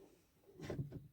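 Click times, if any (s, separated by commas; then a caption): none. A TomTom Go Camper Max sat-nav unit is handled as it is brought onto its windscreen mount bracket, which hooks into the small hatch on its underside. After a quiet start, soft handling and rubbing noises rise from about 0.6 s, with a stronger burst near 0.8 s and another near 1.0 s. Nothing has seated or clicked yet.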